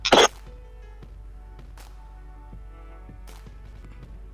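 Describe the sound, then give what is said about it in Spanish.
One short, loud cough bursts out at the very start, then everything falls quiet apart from faint low background hum and a few soft clicks. “Entonces, en eso de cómo me siento protegido, un segundito que voy a toser.”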